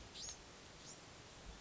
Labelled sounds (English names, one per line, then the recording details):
Bewick's Wren
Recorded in Sonoma County, California